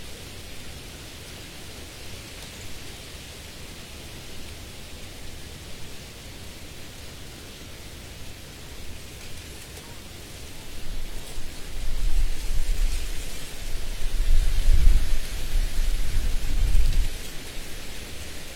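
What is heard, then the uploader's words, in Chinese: Wind blows through tree leaves in a steady, dense hiss, bright and airy across the top. Around the twelve-second mark a stronger gust swells in with a low rumble, peaking near fifteen seconds before easing back toward the end. 风吹树叶。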